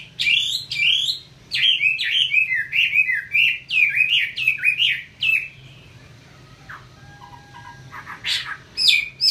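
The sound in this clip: Chinese hwamei song of loud, repeated up-and-down whistled phrases for five seconds, then quieter scattered notes and a final sharp phrase.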